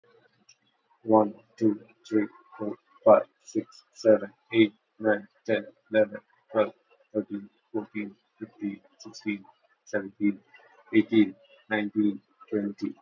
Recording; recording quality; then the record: counting at a normal pace; excellent, no background noise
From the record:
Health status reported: healthy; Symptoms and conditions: cold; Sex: male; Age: 38 years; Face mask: not worn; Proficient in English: yes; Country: India